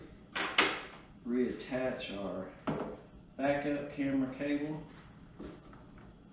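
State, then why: Not seated. Someone talks while handling the plastic backup camera cable connector and its mating plug in the rear trunk-lid area of a 2019 Mustang GT PP1, getting ready to push them together until they latch. Sharp handling knocks land at about 0.6 s and 2.7 s, with faint ticks near 5.7 s and 6.0 s. Nothing has seated or clicked yet.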